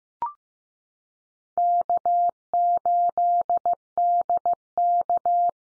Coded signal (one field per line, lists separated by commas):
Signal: Morse code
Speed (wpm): 15 wpm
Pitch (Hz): 700 Hz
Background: none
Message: K8DK